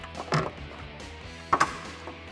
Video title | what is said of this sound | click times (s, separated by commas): 2015-2018 F150 Raxiom Clear LED Fog Lights Review & Install | Now you can grab your fog light, pop it right back into the housing. You should hear it click into place, and then you could just repeat the uninstall process to get this installed. | 1.5 s